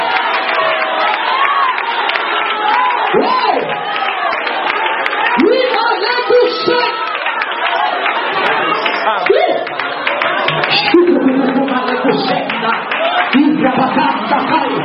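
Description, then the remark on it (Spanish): A church audience shouting and clapping as the preacher urges them to shout glory: a loud, continuous wash of many raised voices, with scattered cries rising above the crowd and handclaps mixed in for the whole stretch. “Abre tu boca, grita gloria.”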